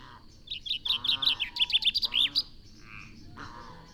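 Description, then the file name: Common chaffinch song, a fast series of sharp repeated notes lasting about two seconds. "Fringilla coelebs"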